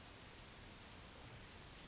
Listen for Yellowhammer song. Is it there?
no